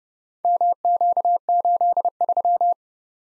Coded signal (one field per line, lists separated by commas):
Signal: Morse code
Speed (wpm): 31 wpm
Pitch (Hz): 700 Hz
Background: none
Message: MQ83